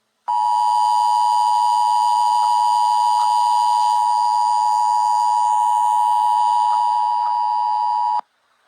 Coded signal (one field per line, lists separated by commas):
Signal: Emergency Alert System (SAME) tones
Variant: 853 and 960 Hz attention tone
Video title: EAS Scenario Earth's Villain